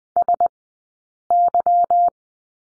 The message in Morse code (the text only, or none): SY